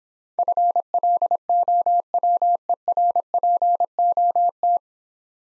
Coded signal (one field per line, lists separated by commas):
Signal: Morse code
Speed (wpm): 26 wpm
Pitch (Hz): 700 Hz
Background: none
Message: FLOWERPOT